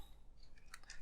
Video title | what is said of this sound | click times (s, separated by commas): Build the Spitfire Mk1a - Part 80-83 - Mechanisms for the Dynamic Base | dus nu is die op zijn plaats vergrendeld | 0.7 s